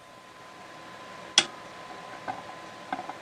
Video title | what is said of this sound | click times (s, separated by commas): FT1000MP MkV PA repair: FINALLY! Reassembly, and other stuff. Part 3/3 | hear the click three | 1.4 s